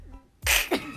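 One sudden hissing sneeze burst ending in a short high voiced squeak, an adult woman imitating her own sneeze, a sneeze that others mistake for laughing.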